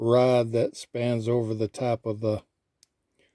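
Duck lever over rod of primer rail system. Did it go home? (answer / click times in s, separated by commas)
yes / 2.8 s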